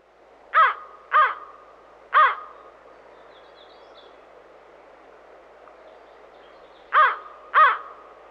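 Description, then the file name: American crow cawing, harsh caws in a group of three, a pause of several seconds, then two more caws, over quiet background hiss. "Digiffects Sound Effects Library - American Crow Call"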